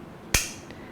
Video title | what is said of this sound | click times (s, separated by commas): Which Locking Mechanism for First-Time Folding Knife Owners? | and that locks in place. | 0.3 s